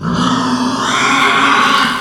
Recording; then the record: squeal of a Yucatan mini pig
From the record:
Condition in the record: after surgery on the right vocal fold (resection and tissue-engineered implant); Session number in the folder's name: 15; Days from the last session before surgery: 175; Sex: female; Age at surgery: 19 weeks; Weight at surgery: 25 kg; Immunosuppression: prednisolone